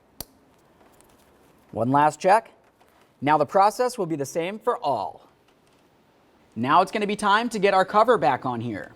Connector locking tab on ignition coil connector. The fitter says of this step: and then i'll lock it in with the gray locking tab